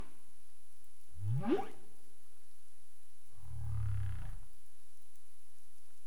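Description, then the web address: Humpback whale calls: a quick rising upsweep whoop, then a low, steady moan about two seconds later, over faint background hiss. Recorded 27 April 2035 at 22:23 UTC. "CARIMAM. humpback whale 20350427 222331 UTC"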